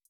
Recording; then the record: hydrophone in a shrimp aquaculture tank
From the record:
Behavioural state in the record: feeding